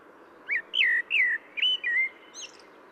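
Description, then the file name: Common blackbird singing: a short run of five fluty, slurred whistles that rise and fall, followed by a faint high twitter, with steady background hiss. "Turdus merula"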